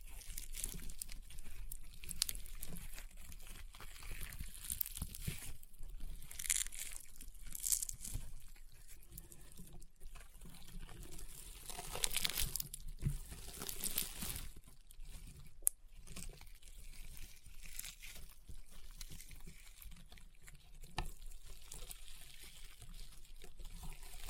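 Rainbow honeycomb slime being pressed and squeezed, giving a steady run of dense, wet crunching and crackling with small pops throughout. Bursts of brighter, sharper crackle come around 6–8 and 12–14 seconds, and a single loud pop stands out near 16 seconds.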